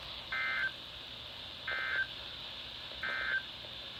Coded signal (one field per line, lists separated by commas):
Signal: Emergency Alert System (SAME) tones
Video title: Last weekly tests of November from 11/22/20 - 11/25/20 EAS#382-384